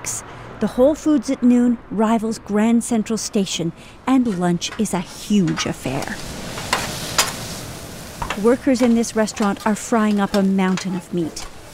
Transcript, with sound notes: The Whole Foods at noon rivals Grand Central Station, and lunch is a huge affair.
(SOUNDBITE OF FRYING PAN SIZZLING)
Workers in this restaurant are frying up a mountain of meat.